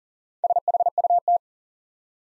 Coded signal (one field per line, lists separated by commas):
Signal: Morse code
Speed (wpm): 37 wpm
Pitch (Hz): 700 Hz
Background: none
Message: SHUT